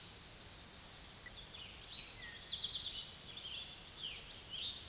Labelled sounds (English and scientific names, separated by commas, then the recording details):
Eastern Towhee (Pipilo erythrophthalmus) song
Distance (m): 35 m
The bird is about 5 m above the microphone
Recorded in a Pennsylvania forest on 16 May 2024 at 06:13
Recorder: AudioMoth, point MSD-2083
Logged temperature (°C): 16.7 °C
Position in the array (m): 109 m, 6 m